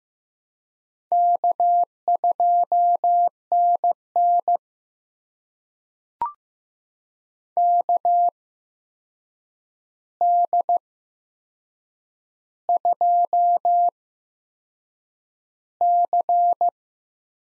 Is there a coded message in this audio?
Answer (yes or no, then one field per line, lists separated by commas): yes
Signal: Morse code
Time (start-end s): 1.1-16.7 s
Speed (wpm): 15 wpm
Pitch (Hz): 700 Hz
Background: none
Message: K2NN KD2C